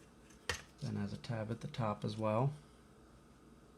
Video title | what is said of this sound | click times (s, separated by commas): Kirby Heritage II fan replacement part 2 | this unclips from the bottom, | 0.5 s